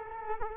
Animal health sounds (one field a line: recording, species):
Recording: mosquito wingbeat signal from an infrared sensor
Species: Culex quinquefasciatus